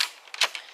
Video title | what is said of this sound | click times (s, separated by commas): Nerf Thunderhawk First Impressions | it's locked into place great | 0.3 s, 0.4 s